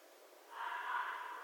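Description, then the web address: Red fox gives a single drawn-out, harsh and raspy scream that starts partway through and carries on to the end. Recorded 11 January 2012. "Red Fox 2012 01 11 Red Fox long"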